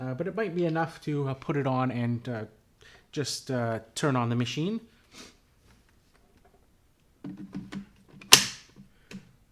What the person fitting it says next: That clicks into place pretty easily.